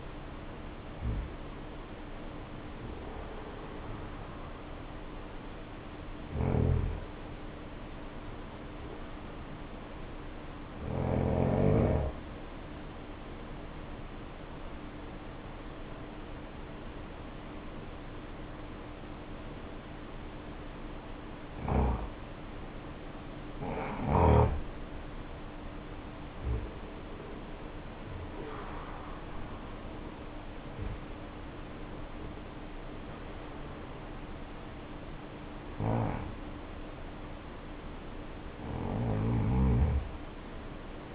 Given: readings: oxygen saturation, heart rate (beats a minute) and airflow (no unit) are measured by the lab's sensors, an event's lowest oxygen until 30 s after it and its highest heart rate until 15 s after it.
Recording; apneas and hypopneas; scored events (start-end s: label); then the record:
breathing in sleep by a voice recorder at the bedside; 1
0.00-23.00 s: awake
13.00-28.10 s: hypopnea (scored as awake, oxygen 96% highest, then 92% lowest, heart rate 55 at the start, 70 highest)
17.00-41.15 s: new sleep stage, N1 (lightest sleep)
From the record:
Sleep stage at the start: awake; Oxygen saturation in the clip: 89 to 96%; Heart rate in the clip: 51 to 89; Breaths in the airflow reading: 9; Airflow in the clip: -6.6 to 8.7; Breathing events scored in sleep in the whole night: 520 in 7.2 hours asleep